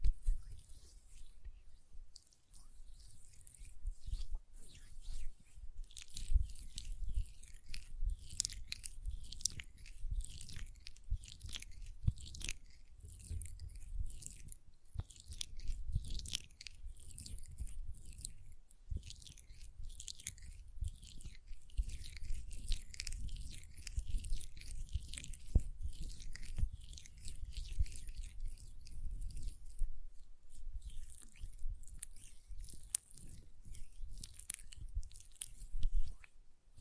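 Hands work lotion in a steady, dense stream of wet, squishy crackles and small clicks for the whole stretch. The sound stays busy and even, with bright crinkly detail over a soft low rumble, and occasional sharper taps standing out.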